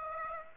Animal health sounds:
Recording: mosquito wingbeat signal from an infrared sensor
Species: Aedes aegypti

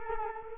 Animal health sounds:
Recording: mosquito wingbeat signal from an infrared sensor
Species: Culex quinquefasciatus

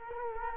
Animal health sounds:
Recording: mosquito wingbeat signal from an infrared sensor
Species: Culex quinquefasciatus

